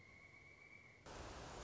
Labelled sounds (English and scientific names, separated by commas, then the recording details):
Pileated Woodpecker (Dryocopus pileatus)
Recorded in Sonoma County, California